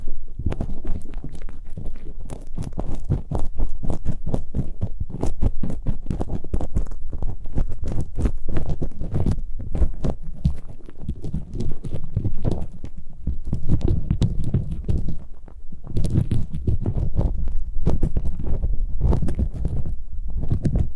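Ear picking with various props makes dense, rapid scratching and thudding taps, low and muffled, continuing steadily with brief pauses throughout.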